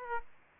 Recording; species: mosquito wingbeat signal from an infrared sensor; Aedes aegypti